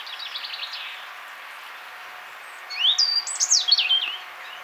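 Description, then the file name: European robin singing: a short high trill, a pause, then a louder tumbling phrase of rising and falling whistles and fine twittering notes. "Erithacus rubecula"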